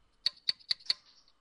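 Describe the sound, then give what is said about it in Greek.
Four crisp mechanical clicks at an even, steady pace, like typewriter keys being struck, each with a bright metallic edge and a faint lingering ring after the last. “Γράφω μηχανή. Ορίστε.”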